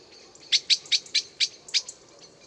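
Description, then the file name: Common blackbird giving a fast series of six hard chink notes. "Turdus merula"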